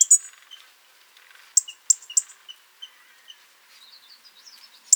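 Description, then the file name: European robin giving sharp, very high ticking notes, spaced irregularly, with faint thin lower notes between them. "Erithacus rubecula"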